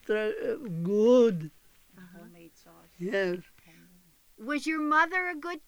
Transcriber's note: voice off mic